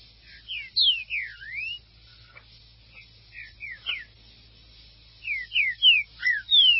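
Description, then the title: Green-winged saltator song: loud whistled slurs, mostly falling with a few rising, in several bursts separated by short quiet pauses. "Trinca Ferro"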